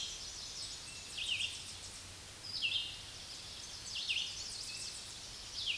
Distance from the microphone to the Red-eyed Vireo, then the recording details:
about 35 m. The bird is about 25 m above the microphone. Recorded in a Pennsylvania forest on 16 May 2024 at 06:41. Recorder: AudioMoth, point MSD-2095. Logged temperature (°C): 16.3 °C. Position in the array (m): 165 m, 73 m